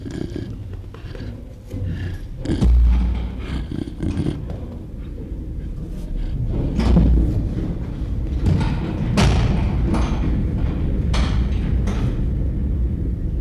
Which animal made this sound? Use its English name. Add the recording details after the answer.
Western Gorilla. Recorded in captivity. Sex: female. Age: adult. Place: Zoo Rostock, Mecklenburg-Vorpommern, DE. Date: 1975-12-05 10:20. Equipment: Uher CR 210, Sennheiser MD 421, Verstärker, Kopie Unitra ZK 246. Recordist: Tembrock, Günter